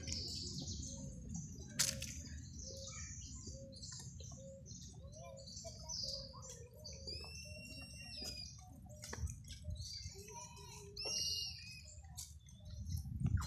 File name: nino llorando y pajaros parque las mojarras